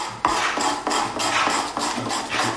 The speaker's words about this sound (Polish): Tutaj dźwięki pracowni stolarskiej. Takie miejsce unikalne, moim zdaniem, być może jedyne w Polsce albo jedyne na świecie, takie jak Łucznica.